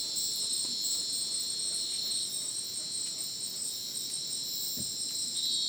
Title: Madidi National Park. Ucumari, Bolivia - Supersonic Crickets in the rainforest